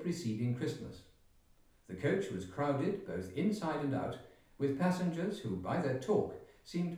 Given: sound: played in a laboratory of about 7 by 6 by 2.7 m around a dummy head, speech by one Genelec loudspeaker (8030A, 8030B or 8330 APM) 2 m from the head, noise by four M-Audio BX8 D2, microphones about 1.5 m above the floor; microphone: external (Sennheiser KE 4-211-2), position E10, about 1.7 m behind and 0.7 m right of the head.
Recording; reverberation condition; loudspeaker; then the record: male speech in English; medium; 60 degrees to the right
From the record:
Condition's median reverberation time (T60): about 510 ms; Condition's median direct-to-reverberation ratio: about -0.5 dB